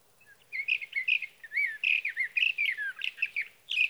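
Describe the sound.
Sage thrasher song, a sustained rambling warble of quick varied phrases and downslurred whistles, over soft background hiss.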